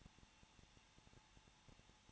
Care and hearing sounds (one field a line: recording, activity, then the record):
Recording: daily activity, microphone in the room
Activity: no activity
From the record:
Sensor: 1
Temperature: 20.0 degrees Celsius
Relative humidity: 39.4%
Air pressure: 1006.4 hPa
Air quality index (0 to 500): 219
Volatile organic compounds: 82 ppm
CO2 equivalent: 3625 ppm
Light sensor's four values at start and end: 1/2/1/1 and 1/2/1/1